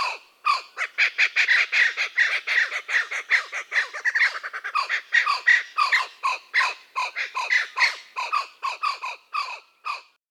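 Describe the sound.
Blue-winged kookaburra giving a harsh, rapid cackle, raucous squawking notes tumbling quickly one after another with brief gaps.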